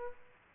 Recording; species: mosquito wingbeat signal from an infrared sensor; Aedes aegypti